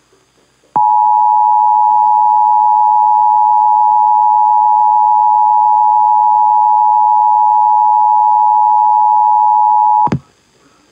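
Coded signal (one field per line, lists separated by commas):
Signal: Emergency Alert System (SAME) tones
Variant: 853 and 960 Hz attention tone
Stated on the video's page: Live IPAWS weekly EAS test relayed from an FM broadcast station at 105.9.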